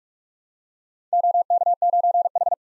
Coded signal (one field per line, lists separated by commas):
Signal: Morse code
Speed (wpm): 46 wpm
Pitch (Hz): 700 Hz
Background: none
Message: OK9H